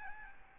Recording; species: mosquito wingbeat signal from an infrared sensor; Aedes albopictus